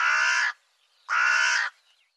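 Bird calls: a pair of hoarse, rasping caws, each roughly half a second, separated by a brief pause.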